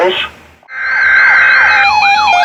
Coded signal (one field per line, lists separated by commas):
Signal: Emergency Alert System (SAME) tones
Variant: header bursts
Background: speech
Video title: Another One.. EAS Alerts From 8/4/2021 (EAS #786 - 797)